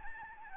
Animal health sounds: mosquito wingbeat signal from an infrared sensor; Aedes albopictus

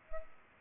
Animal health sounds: mosquito wingbeat signal from an infrared sensor; Culex pipiens

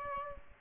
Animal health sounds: mosquito wingbeat signal from an infrared sensor; Aedes aegypti

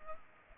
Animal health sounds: mosquito wingbeat signal from an infrared sensor; Culex pipiens

